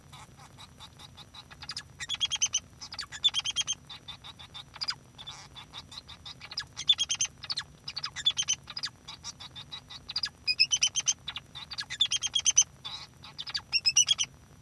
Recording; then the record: song of a male Bengalese finch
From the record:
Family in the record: son of father 2